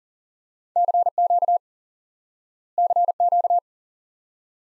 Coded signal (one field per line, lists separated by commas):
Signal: Morse code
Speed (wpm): 37 wpm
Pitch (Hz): 700 Hz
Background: none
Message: CQ CQ